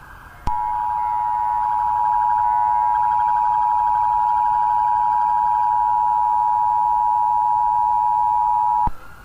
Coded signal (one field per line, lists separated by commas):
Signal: Emergency Alert System (SAME) tones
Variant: 853 and 960 Hz attention tone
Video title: Mycelia | A Zombie Apocalypse EAS Scenario |